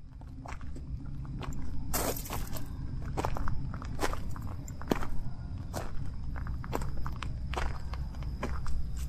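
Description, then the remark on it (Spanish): Unhurried footsteps of a person walking back along their home street crunch along a gritty surface at a steady, relaxed pace, each step a soft scuffing thud over a low, continuous rumble, with no one speaking. “Entre mis pasos tranquilos vos pensarás, ¿y dónde estará yendo ahora?”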